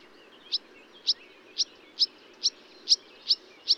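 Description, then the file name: Marsh warbler giving a sharp high note repeated about twice a second, with faint twittering beneath. Recorded at Bonnevaux on 31 May 2009 at 05:35. "Rousserolle verderolle 20090531 0535 Bonnevaux"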